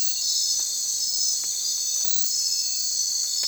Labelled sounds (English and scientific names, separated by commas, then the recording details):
none
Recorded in secondary vegetation near Puerto Asís, Putumayo, Colombia, on 30 June 2025 at 02:00
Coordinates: 0.499, -76.323
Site G077